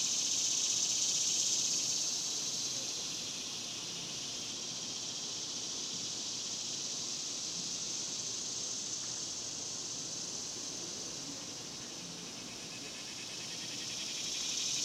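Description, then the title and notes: Cicadas keeping up a steady shrill buzzing that dips in loudness midway and swells again at the close. Daytime cicadas recorded outdoors in a cemetery in summer. "Ext, Daytime Cicadas, Cemetery, Summer by Bandeto"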